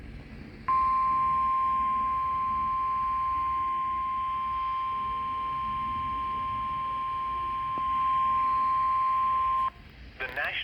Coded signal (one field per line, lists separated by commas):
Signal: Emergency Alert System (SAME) tones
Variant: 1050 Hz attention tone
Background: speech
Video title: (MASSIVE EAS) Severe Thunderstorm Warning For My County With 80 MPH!!!